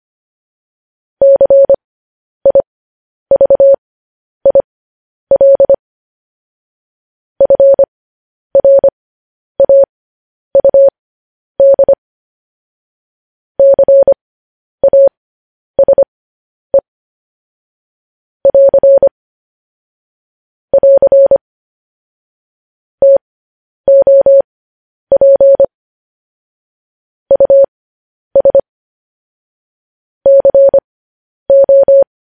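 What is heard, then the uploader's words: Morse code tapped out as a single steady tone of mid pitch, sounding in short dots and longer dashes grouped into letters with gaps between. The keying runs throughout at an even, moderate pace over dead silence, with no other sounds. Morse code.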